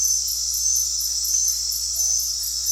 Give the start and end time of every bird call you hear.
[1.93, 2.40] bird call

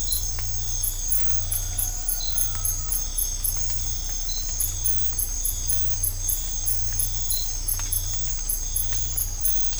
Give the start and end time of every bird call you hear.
[1.13, 2.97] bird call

